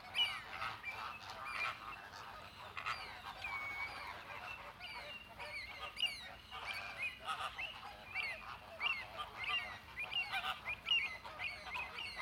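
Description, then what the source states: Flamingos calling in a crowd, sharp nasal honks in irregular bursts throughout. Captive flamingos recorded in the flamingo enclosure at Bristol Zoo.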